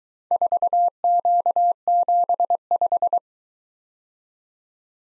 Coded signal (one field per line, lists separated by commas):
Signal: Morse code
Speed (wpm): 22 wpm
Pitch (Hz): 700 Hz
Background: none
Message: 4Q75